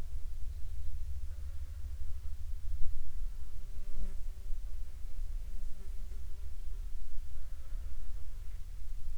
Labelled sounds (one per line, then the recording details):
insects
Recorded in the Prudhoe Bay oil fields, Alaska, on 8 July 2019 at 15:23
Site 14